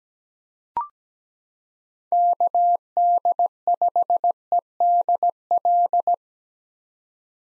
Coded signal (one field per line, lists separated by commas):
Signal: Morse code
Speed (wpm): 17 wpm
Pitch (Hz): 700 Hz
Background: none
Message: KD5EDL